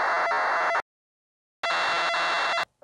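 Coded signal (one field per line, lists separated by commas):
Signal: computer data on cassette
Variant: TI-99/4A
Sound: two harsh buzzing data bursts, about a second each, separated by silence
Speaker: this thing at the end was just a different program that was saved earlier and then this other one was written on top you can tell the bias is different and even just listening to it it's clear that it's something else because it just sounds different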